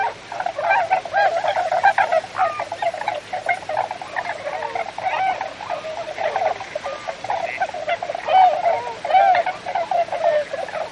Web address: tundra swan